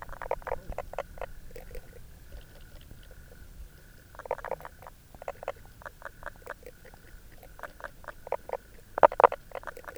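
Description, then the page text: Common spadefoot calls: short knocking pulses coming in runs and pairs, with a louder double knock near the end and a steady faint hum. "Knoblauchkröte – Pelobates fuscus"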